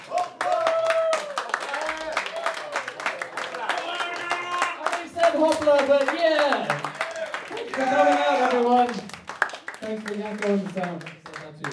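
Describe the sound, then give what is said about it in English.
An audience at the Local Pollution show at De Tanker in Noord claps and applauds steadily for about twelve seconds for everyone who played, a dense patter of hand claps at a fairly loud level, with cheering and shouting voices rising over the applause throughout. “Let's give it up for everyone who played”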